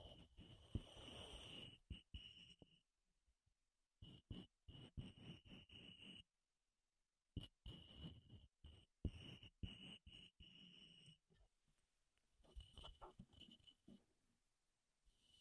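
Wooden tapping and rubbing sounds come in short, irregular bursts, some sharp knocks and some longer scratchy strokes, with abrupt silences between them, including a near-silent gap around six to seven seconds. A thin, steady high whine sits under the louder passages.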